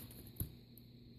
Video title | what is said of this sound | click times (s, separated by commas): TakaraTomy Movie Best MB-07 SOUNDWAVE review | pull it up till it clicks alright | 0.4 s